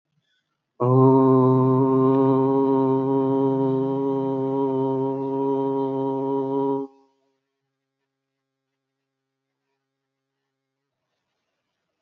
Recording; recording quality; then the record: sustained vowel as in boot; excellent, no background noise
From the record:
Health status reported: healthy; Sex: male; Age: 35 years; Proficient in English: yes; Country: India